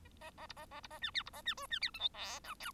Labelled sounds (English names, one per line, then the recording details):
Bengalese Finch song
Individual Bird1